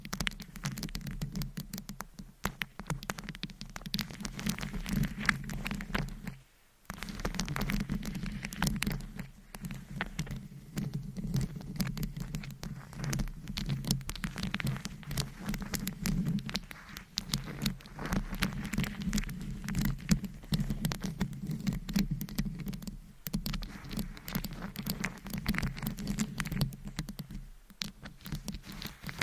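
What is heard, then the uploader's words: Continuous scratching and brushing with quick tapping patter running throughout, dense and busy with a steady low hum underneath. The rubbing texture stays fairly even, with brief pauses near 7 seconds and again around 23 and 27 seconds. ASMR 20 Triggers in 20 Minutes Scratching , Tapping , Brushing , Massage & More No Talking.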